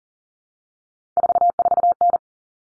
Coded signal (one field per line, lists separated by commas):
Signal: Morse code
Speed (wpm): 40 wpm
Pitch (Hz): 700 Hz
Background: none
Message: 44N